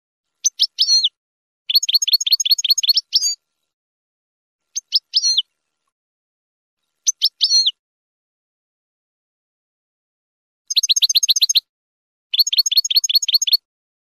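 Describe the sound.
Finch song made of rapid trills and brief clusters of sharp, high chirps with slurred whistles, repeated in bursts separated by pauses.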